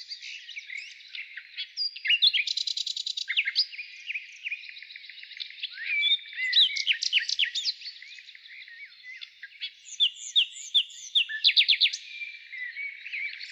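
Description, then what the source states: Nightingale song: a machine-gun rattle near two seconds, then liquid whistles, upslurred notes and another rapid burst of repeated notes. Heard in the morning.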